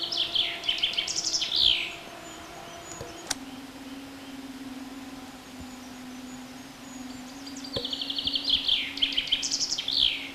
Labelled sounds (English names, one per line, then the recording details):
Common Chaffinch song
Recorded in the wild
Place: Oberstdorf, Bayern, DE
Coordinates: 47.3992, 10.2422
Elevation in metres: 995
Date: 1985-04-04
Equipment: Uher 4000 Report
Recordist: Tretzel, Erwin